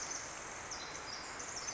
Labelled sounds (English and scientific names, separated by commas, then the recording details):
Pacific Wren (Troglodytes pacificus)
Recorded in Sonoma County, California